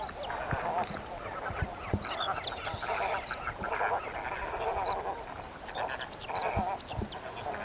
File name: Golosa ptic - CHilijskij flamingo Phoenicopterus chilensis